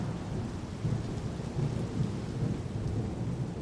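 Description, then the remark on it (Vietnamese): Heavy rain pours steadily with a deep, low thunder rumble rolling underneath, the loud dense wash holding constant throughout with no voices. “Mặc kệ trời mưa to sấm chớp, hai con người thở cùng một nhịp.”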